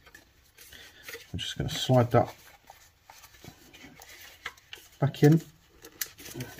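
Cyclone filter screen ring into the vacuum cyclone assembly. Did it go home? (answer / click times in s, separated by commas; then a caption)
yes / 6.0 s. The plastic ring of a Dyson V7/V8 stick vacuum's cyclone filter screen assembly is slid back into the cyclone assembly while someone talks. Scattered plastic taps and scrapes are heard, then a sharp click at 6.0 seconds as the ring seats in place.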